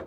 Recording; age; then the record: pig call; piglet (1 to 25 days)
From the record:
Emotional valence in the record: negative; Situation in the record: short isolation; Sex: female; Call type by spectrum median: low-frequency call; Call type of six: low-frequency stable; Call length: 0.07 s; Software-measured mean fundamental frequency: 45 Hz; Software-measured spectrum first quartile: 326 Hz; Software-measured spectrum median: 508 Hz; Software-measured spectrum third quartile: 787 Hz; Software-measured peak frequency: 523 Hz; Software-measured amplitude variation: 64 dB a second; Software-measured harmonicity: 1.4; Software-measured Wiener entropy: -0.26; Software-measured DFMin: 767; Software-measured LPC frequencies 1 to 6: 516, 1160, 3588, 5933, 7474, 9819 Hz